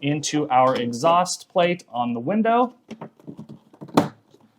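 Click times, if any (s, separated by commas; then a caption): 4.0 s. Someone talks while the plastic tabs on a portable air conditioner's exhaust hose connector are pushed into the plastic window exhaust plate. A few faint handling taps follow, then a sharp plastic snap at 4.0 seconds as the tabs seat into the plate.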